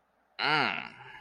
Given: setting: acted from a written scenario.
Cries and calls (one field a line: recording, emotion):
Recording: vocal sound without words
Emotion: desire